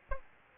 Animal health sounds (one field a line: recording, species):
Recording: mosquito wingbeat signal from an infrared sensor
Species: Aedes albopictus